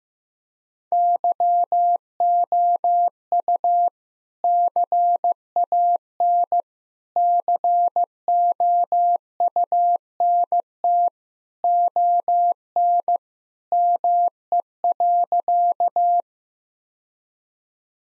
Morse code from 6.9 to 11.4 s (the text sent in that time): COUNT